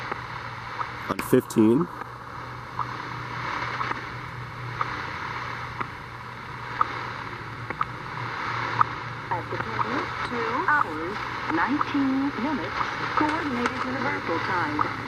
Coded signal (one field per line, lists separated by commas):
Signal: radio time signal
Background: speech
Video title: Outside With The Shortwave Radio | May 13th, 2026